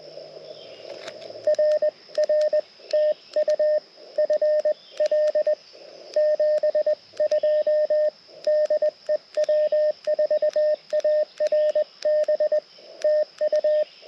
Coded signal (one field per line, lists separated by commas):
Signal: Morse code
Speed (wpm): 20 wpm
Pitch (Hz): 590 Hz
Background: radio noise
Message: RR TU FL 72 DE W4ARB TU